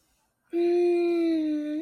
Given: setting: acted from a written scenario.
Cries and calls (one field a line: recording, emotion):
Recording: vocal sound without words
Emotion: desire